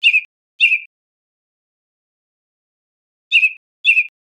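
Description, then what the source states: American robin giving short, abrupt chirped calls in two pairs about three seconds apart, otherwise silent. Recorded in Costa Rica.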